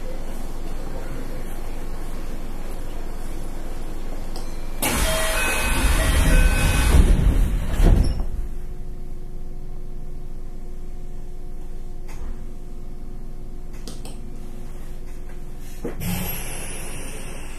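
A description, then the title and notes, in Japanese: Recorded aboard an express train, a steady low rumble fills the cabin throughout. Around five to eight seconds a loud, rushing roar swells and fades, like passing another train or entering a tunnel. Afterward a faint steady hum and brief clicks return. 近鉄5820系列 大阪線急行 八木から上本町まで。近畿日本鉄道 5820系電車の走行音です。大阪線の急行列車で録音しました。区間は 大和八木から大阪上本町までです。It is the sound of a motor.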